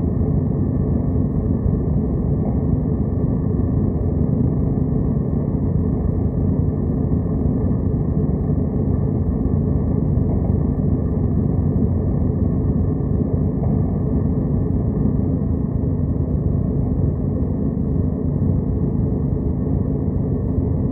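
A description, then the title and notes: Brown noise plays as a deep, steady rumble, heaviest in the lows and fading toward the middle, with nothing bright above. It holds perfectly even for the whole stretch, dense and unbroken, like an engine or vehicle drone with no events. Control Room - Brown Noise.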